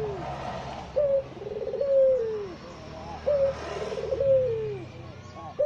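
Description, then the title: Barbary dove giving two rolling coos, each a brief opening note, a purring trill and a drawn-out falling tone, with a steady low hum underneath. White Barbary dove; used as training audio for songbirds. "Masteran Burung Puter Putih"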